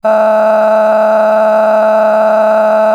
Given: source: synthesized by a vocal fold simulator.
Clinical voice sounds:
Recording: sustained vowel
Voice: female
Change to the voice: a random mix of aspiration noise, stiffness perturbation and strain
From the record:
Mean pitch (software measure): 216 Hz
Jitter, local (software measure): 2.09%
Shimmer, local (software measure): 11.3%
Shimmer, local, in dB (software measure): 1.01 dB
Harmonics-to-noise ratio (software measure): 13.8 dB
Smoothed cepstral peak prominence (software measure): 13.0 dB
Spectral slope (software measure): -22.4 dB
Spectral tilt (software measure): -10.9 dB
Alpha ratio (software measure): -12.8 dB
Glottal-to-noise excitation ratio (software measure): 0.929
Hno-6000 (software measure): 2.2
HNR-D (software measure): 31.4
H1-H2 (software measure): 0.3 dB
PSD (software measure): 8.6e-05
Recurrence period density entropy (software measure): 0.111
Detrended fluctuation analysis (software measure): 0.0171

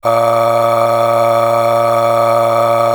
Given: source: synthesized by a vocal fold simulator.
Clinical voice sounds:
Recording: sustained vowel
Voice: male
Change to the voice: aspiration noise (breathiness), level 10 of 10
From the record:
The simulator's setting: 4.92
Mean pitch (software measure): 115 Hz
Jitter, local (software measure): 1.15%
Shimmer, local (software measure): 13.8%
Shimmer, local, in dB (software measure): 1.21 dB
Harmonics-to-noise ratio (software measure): 10.1 dB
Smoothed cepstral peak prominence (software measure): 12.1 dB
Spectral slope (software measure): -16.0 dB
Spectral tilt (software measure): -8.2 dB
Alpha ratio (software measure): -6.5 dB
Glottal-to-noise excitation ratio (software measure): 0.796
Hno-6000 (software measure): 1.8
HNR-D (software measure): 20.7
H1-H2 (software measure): 4.9 dB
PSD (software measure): 8.1e-05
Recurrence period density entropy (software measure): 0.130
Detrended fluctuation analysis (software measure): 0.0540

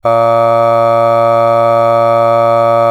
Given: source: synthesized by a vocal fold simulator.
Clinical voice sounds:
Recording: sustained vowel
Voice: male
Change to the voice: aspiration noise (breathiness), level 5 of 10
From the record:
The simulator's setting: 0.74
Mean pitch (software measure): 115 Hz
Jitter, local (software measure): 0.30%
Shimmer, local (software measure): 2.3%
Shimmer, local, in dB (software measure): 0.20 dB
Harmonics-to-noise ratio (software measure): 24.7 dB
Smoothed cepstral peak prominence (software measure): 19.6 dB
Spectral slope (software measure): -17.2 dB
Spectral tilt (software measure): -9.0 dB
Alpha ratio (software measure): -7.6 dB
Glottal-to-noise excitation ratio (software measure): 0.986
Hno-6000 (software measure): 2.2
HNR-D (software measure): 24.0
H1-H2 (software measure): 4.9 dB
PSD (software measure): 2.5e-05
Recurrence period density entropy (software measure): 0.108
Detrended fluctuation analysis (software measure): 0.0545

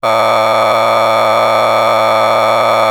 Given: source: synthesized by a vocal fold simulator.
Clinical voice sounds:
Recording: sustained vowel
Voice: male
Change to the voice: a random mix of aspiration noise, stiffness perturbation and strain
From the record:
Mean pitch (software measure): 110 Hz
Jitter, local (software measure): 3.40%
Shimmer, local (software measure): 7.1%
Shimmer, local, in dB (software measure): 0.53 dB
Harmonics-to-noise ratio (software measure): 5.1 dB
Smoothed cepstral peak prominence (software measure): 12.0 dB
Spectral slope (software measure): -12.4 dB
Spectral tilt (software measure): -10.1 dB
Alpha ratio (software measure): -2.9 dB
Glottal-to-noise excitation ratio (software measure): 0.962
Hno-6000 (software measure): 1.8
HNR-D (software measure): 19.7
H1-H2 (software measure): 0.9 dB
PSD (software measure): 1.5e-03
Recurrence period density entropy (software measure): 0.131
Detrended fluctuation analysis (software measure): 0.0313

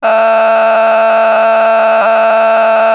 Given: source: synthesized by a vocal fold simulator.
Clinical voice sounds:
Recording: sustained vowel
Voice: female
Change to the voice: vocal strain, level 10 of 10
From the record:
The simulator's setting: 1.00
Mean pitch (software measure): 223 Hz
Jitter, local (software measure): 2.84%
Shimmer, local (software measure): 3.7%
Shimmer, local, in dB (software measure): 0.34 dB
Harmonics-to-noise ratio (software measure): 11.0 dB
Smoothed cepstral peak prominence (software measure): 12.7 dB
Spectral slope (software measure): -17.1 dB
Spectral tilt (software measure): -8.0 dB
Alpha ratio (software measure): -7.6 dB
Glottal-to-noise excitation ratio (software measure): 0.915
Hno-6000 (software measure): 1.7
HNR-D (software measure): 31.2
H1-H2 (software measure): -4.9 dB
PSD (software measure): 1.1e-04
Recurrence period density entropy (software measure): 0.123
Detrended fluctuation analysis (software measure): 0.0085

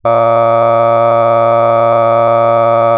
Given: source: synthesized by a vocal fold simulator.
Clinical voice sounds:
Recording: sustained vowel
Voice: male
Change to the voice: cycle-to-cycle stiffness perturbation (roughness), level 5 of 10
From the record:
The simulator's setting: 2.75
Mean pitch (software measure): 115 Hz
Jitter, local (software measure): 1.51%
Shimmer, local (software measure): 5.6%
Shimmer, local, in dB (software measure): 0.48 dB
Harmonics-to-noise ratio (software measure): 15.9 dB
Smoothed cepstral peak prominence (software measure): 19.7 dB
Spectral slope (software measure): -17.1 dB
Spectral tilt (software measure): -11.6 dB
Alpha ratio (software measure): -7.5 dB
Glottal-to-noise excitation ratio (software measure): 0.994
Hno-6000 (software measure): 2.4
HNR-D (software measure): 23.5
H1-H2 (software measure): 5.0 dB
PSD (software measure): 1.0e-04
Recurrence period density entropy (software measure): 0.107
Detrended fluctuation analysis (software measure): 0.0550

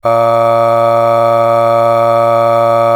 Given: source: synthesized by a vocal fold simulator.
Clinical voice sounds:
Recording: sustained vowel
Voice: male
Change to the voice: aspiration noise (breathiness), level 7 of 10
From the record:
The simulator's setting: 1.56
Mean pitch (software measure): 115 Hz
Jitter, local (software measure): 0.46%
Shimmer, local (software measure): 4.8%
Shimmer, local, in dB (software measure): 0.43 dB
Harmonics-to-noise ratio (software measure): 19.3 dB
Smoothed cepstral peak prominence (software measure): 16.8 dB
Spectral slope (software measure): -17.1 dB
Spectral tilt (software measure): -8.8 dB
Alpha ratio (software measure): -7.6 dB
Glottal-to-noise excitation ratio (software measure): 0.963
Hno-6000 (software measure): 2.1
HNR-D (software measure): 23.6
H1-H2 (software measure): 5.0 dB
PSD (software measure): 3.5e-05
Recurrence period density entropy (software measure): 0.108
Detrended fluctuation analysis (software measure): 0.0544

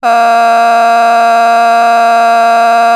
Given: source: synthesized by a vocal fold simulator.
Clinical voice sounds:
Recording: sustained vowel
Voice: female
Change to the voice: vocal strain, level 8 of 10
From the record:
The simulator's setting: 0.78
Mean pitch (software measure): 232 Hz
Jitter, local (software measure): 1.12%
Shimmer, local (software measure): 3.3%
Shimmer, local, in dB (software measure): 0.28 dB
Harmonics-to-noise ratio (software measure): 17.8 dB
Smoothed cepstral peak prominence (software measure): 17.4 dB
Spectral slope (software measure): -17.6 dB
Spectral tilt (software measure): -7.9 dB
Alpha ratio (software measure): -8.1 dB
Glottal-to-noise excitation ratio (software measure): 0.975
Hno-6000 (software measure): 1.8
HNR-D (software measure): 36.5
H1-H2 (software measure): -4.4 dB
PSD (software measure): 5.7e-05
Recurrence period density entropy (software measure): 0.116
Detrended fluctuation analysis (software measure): 0.0096

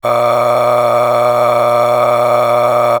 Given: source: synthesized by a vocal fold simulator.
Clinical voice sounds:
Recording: sustained vowel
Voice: male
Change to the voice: a random mix of aspiration noise, stiffness perturbation and strain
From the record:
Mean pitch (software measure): 120 Hz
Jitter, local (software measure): 2.66%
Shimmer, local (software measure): 12.7%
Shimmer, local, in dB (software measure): 1.07 dB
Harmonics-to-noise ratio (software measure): 8.7 dB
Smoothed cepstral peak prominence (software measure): 11.4 dB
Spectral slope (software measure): -15.5 dB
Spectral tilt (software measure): -9.3 dB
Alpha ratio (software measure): -6.0 dB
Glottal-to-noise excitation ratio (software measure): 0.860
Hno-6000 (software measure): 1.9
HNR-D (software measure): 22.2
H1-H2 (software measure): 3.4 dB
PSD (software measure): 2.4e-04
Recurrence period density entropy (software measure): 0.127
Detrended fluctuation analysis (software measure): 0.0383

